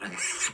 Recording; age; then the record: pig call; piglet (1 to 25 days)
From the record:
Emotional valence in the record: negative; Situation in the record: castration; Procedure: castration, shear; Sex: male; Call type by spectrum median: high-frequency call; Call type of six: mixed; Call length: 0.53 s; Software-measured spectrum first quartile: 1992 Hz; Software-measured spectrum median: 4798 Hz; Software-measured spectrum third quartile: 7429 Hz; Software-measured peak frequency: 7204 Hz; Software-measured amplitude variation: 142 dB a second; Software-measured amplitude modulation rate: 12.2 a second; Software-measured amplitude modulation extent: 11.6 dB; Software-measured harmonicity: 0.7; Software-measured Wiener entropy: -2.12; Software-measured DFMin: 650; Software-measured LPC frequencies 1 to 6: 1629, 2266, 3837, 5604, 7021, 7432 Hz